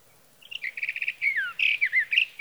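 Sage thrasher song, a rapid series of repeated chirps followed by a descending whistled slur and varied warbling phrases.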